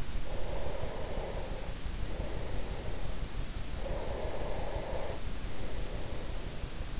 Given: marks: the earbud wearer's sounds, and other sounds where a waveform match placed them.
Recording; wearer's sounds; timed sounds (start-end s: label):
sounds in sleep by an in-ear microphone; breath
0.31-3.34 s: breath
3.96-6.99 s: breath